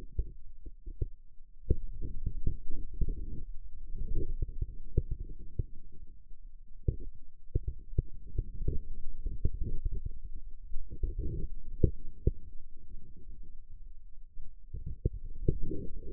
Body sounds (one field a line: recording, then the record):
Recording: forearm muscle sounds (acoustic myography)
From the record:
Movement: radial deviation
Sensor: system 2, bracelet of six BSWA MPA416 microphones around the upper forearm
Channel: 5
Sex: male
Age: 22 years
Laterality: right